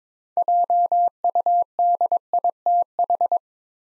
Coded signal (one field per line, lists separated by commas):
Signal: Morse code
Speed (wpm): 22 wpm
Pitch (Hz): 700 Hz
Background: none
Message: JUDITH